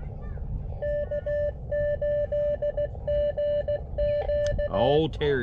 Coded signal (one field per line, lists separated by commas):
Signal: Morse code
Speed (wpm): 17 wpm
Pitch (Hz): 600 Hz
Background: speech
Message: K8GQ